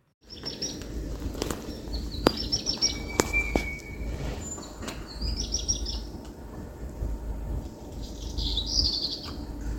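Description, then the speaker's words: Redstart song, a few short high scratchy phrases separated by pauses, over a low background rumble. Played back from a phone recording; singing a lot in autumn around a campsite; not a common redstart, but its song is similar. "some sort of redstart, but not one of our common redstarts, European redstarts that we see in this country. And it's got quite a similar song."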